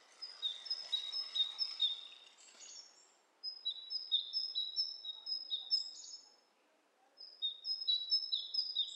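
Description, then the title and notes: Bird twittering, dense overlapping high chirps at first, then looser phrases of quick notes with short pauses between. Two birds interacting with each other, lo-fi. "bird dialogs. lo-fi recording of two birds interacting"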